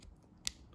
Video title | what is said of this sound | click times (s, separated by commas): Garmin Forerunner 745 watch band replacement | it's snapped back in place and it's secure we're | 0.5 s